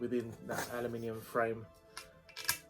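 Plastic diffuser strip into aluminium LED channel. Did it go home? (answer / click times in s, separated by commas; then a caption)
yes / 2.5 s. A milky white plastic diffuser strip is pressed into its aluminium LED channel frame, about 20 millimeters wide, while someone talks. A few small knocks follow, then a sharp click at 2.5 s as the diffuser snaps into the channel and seats with a satisfying closure.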